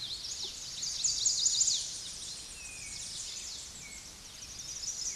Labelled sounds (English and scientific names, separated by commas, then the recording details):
Chestnut-sided Warbler (Setophaga pensylvanica) song
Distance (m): 25 m
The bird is about level with the microphone
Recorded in a Pennsylvania forest on 16 May 2024 at 09:52
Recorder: AudioMoth, point MSD-1405
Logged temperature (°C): 15.6 °C
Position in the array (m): 163 m, 166 m